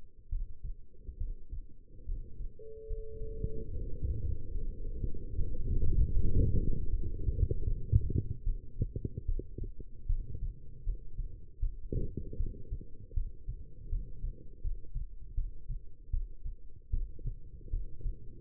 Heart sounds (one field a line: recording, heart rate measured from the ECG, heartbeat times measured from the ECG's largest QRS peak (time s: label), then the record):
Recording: heart sounds by stethoscope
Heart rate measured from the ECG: 76 bpm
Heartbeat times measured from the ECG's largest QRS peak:
0.29 s: heartbeat
1.17 s: heartbeat
2.05 s: heartbeat
2.86 s: heartbeat
3.72 s: heartbeat
4.51 s: heartbeat
5.35 s: heartbeat
6.10 s: heartbeat
6.90 s: heartbeat
7.67 s: heartbeat
8.44 s: heartbeat
9.26 s: heartbeat
10.07 s: heartbeat
10.84 s: heartbeat
11.60 s: heartbeat
12.37 s: heartbeat
13.14 s: heartbeat
13.89 s: heartbeat
14.61 s: heartbeat
15.35 s: heartbeat
16.10 s: heartbeat
16.90 s: heartbeat
17.70 s: heartbeat
From the record:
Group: healthy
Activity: rest 0-2 s, cold pressor test 2-18 s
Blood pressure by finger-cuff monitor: 143/85 mmHg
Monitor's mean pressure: 103 mmHg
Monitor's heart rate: 75 bpm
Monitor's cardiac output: 6.9 L/min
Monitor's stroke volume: 88 mL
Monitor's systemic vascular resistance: 1100 dyn s/cm5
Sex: female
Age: 22 years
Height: 171 cm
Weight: 65.6 kg